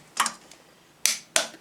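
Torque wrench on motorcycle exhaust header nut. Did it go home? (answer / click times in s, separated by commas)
yes / 1.1 s, 1.4 s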